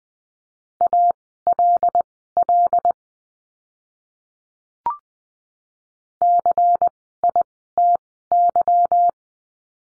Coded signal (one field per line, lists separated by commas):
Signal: Morse code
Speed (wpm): 20 wpm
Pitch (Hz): 700 Hz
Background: none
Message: ALL CITY